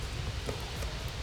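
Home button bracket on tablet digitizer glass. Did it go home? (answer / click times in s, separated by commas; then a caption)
no / none. The home button bracket on a new glass digitizer for a 7th-generation iPad is being handled, with the home button about to be pressed to check that the bracket is aligned. Only a steady low rumble and faint handling noise are heard. Nothing has seated or clicked yet.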